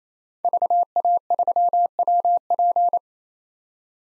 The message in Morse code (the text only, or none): VA3WP